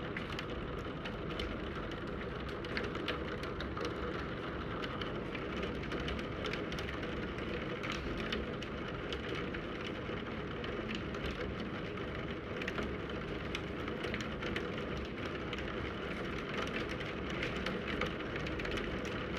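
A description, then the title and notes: Rain patters steadily against a window, a dense, even wash of small ticks and taps that holds at the same level throughout. Brighter individual drops click sharply now and then, while a low rumble, perhaps traffic, sits underneath. In this episode, you will hear Rain on the window.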